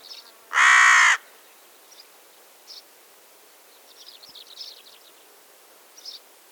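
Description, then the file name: Carrion crow calling once with a loud, grating caw of about half a second, while soft high chirps and twitters from other birds sound sporadically around it. "Corvus corone"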